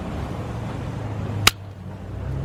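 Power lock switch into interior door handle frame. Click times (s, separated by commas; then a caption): 1.5 s. The removed power lock switch from a 2010-2014 Mustang is pressed with moderate force into the plastic frame of a new interior door handle over a low, steady background hum. A single sharp snap at 1.5 s marks the switch seating in the handle frame, after which the hum continues more quietly.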